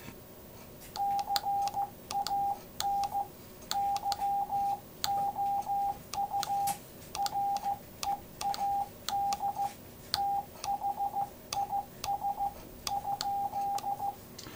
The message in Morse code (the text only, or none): CAN YOU READ THIS?